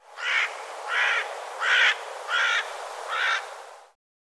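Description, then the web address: Bird giving five harsh, raspy calls, one roughly every 0.7 seconds, each a short broad burst; no other sounds heard. "cianscape birddata Deverinetal"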